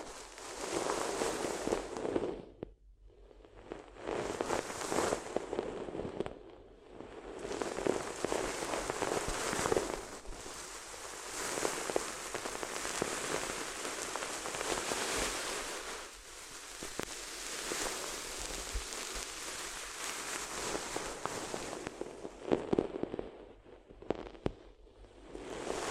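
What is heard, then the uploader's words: Paper crinkles and rustles in dense, crackling bursts that run almost nonstop, broken by brief pauses near three, seven and twenty-four seconds. ASMR If You Had Paper Ears (No Talking).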